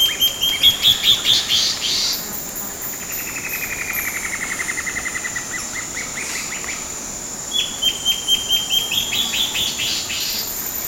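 Bird calls: a few high, clipped notes, a long, slightly falling pulsed trill, then another rapid series of sharp high notes over a faint hiss.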